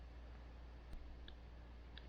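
A crimped wire terminal with its gasket is pushed into a new plastic connector plug for the CDI on a DR650 motorcycle, and two small, sharp snaps are heard at 1.3 s and 2.0 s over a low steady hum. The terminal seats in the connector housing.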